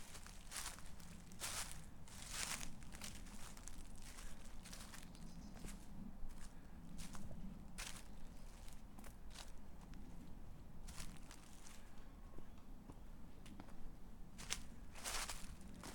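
Feet crunch through dry oak leaves in irregular steps, each a sharp, bright rustle, clustered early on and again near the end. Between steps a low, steady murmur fills the background.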